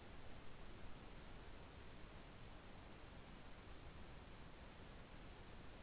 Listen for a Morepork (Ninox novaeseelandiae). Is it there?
no